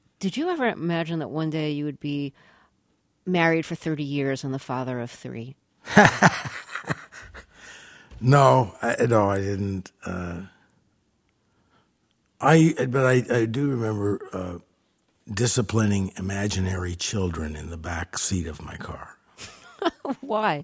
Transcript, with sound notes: did you ever imagine that one day, you would be married for 30 years and the father of three?
(SOUNDBITE OF LAUGHTER)
No. No, I didn't. But I do remember disciplining imaginary children in the back seat of my car.